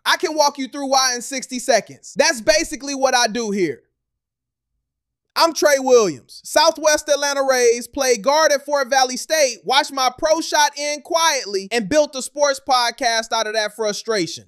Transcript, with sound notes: I can walk you through why in sixty seconds. That's basically what I do here. [pause] I'm Trey Williams. Southwest Atlanta raised, played guard at Fort Valley State, watched my pro shot end quietly, and built a sports podcast out of that frustration.